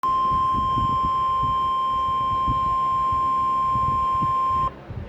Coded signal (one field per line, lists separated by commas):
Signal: Emergency Alert System (SAME) tones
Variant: 1050 Hz attention tone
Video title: LATE UPLOAD: Severe thunderstorm warning EAS #25 June 18th, 2025